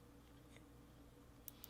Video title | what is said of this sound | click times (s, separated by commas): Wireless Wifi Video Surveillance Mascarry ip Camera and Cloudedge App Setup | and you'll hear it click in | 1.5 s